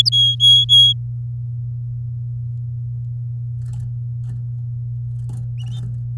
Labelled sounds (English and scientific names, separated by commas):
Domestic Canary (Serinus canaria) song